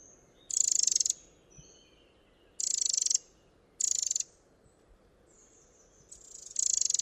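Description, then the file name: Eurasian wren calling in harsh, ticking rattles of roughly half a second, four bursts at irregular intervals, over soft high whistling in the background. "Troglodytes troglodytes"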